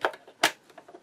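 A section of the plate is fitted back into the shuttle area of a sewing machine. Several sharp metallic taps and light clicks are heard, with a short hit at 0.0 s, the loudest at 0.4 s, and a faint one at 0.8 s. Nothing has seated or clicked into place yet.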